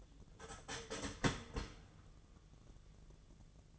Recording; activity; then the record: daily activity, microphone in the room; start toaster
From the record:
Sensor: 4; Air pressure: 1001.1 hPa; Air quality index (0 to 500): 166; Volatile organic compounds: 2 ppm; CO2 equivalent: 1209 ppm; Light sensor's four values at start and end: 20/45/19/19 and 19/44/18/19